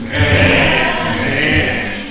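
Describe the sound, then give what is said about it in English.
A person imitates a lamb's bleat with a single long, wavering cry that holds loud and steady for about two seconds before fading slightly at the end. “The lamb cried.”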